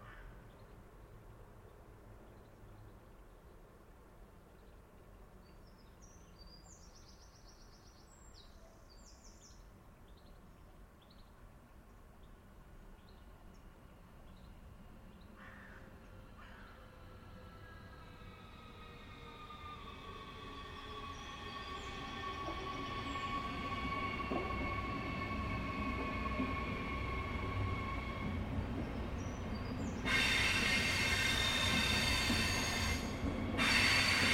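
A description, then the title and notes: A train's low rumble grows steadily over half a minute, from faint to loud. From about fifteen seconds a sustained whistle-like tone slides downward, and after thirty seconds a bright metallic squeal and clatter dominate as it passes. The rhythmic chugging of old-fashioned locomotives and the resonant echoes of steam-powered engines. Old-Fashioned Locomotive Ambiance.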